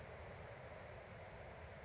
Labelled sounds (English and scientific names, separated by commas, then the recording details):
California Towhee (Melozone crissalis)
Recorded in Sonoma County, California